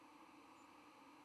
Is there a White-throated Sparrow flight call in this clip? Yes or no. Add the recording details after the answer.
no. Another species' flight call is heard. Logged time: 07:47 on 12 November 2014